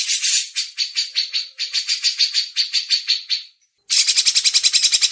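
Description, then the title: Grey-cheeked bulbul chattering in fast buzzy bursts, many harsh notes repeated in quick series, a short pause, then another rapid run. Masteran recording, audio used to tutor caged birds in song. "MASTERAN CUCAK JENGGOT"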